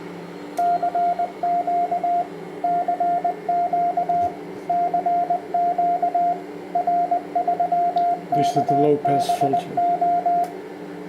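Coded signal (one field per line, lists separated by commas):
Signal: Morse code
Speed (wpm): 20 wpm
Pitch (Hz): 700 Hz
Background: speech, radio noise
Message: CQ CQ CQ R3KBO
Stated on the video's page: Test of a 1200 W SSB/CW 160–6 meter power amplifier with heat pipes and a BLF188XR.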